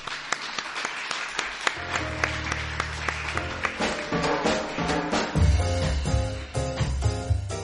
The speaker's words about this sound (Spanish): Un aplauso para todas vosotras.